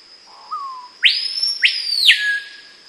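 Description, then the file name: Screaming piha call: a soft low whistle, then two loud whip-like whistles that sweep upward and slide down, over constant high-pitched insect buzzing. "piauhau hurleur"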